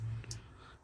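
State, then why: Seated. A small folding box-opener blade is opened into its locked position, giving a short double click with the main sharp snap at 0.3 s. The blade clicks into place and is seated, over a low steady hum.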